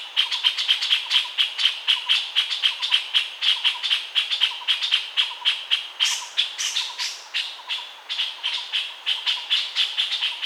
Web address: Puff throated bulbul. صدای-بلبل-گلو-پفی